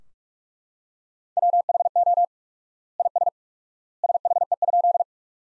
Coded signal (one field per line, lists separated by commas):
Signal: Morse code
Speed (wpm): 44 wpm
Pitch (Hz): 700 Hz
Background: none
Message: WHO IS SHE?